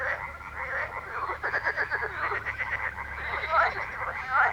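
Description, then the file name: Frog chorus of fast, rattling croaks, several callers overlapping, with occasional sharper chirps near the end. Frog ambience. "atmos frogs"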